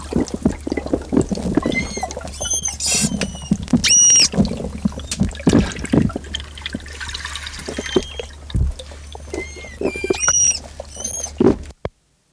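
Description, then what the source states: Manatee squeaks: high, thin harmonic chirps arching up and down in short bursts, over sloshing water and a low steady hum. Frightened manatee.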